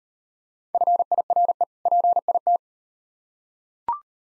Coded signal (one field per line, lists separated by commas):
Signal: Morse code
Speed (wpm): 38 wpm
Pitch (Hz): 700 Hz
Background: none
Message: FIRE PIT